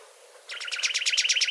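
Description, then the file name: Juniper titmouse song: one short, rapid trill of repeated sharp high notes that starts abruptly over a faint hiss. "baeolophus ridgwayi"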